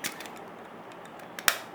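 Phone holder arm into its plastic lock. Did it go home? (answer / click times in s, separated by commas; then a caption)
yes / 1.4 s, 1.5 s. The plastic arm of a mobile phone holder is swung back toward its plastic lock and pressed in. It snaps into the lock with a sharp double click at 1.4 and 1.5 seconds, the second louder, and the arm is seated in the lock.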